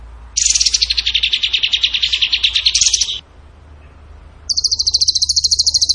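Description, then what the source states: Bird song: a broad, rapid pulsed trill of nearly three seconds, a quiet pause, then a higher, steadier fast trill. Training song (masteran) in the tembakan gacor style.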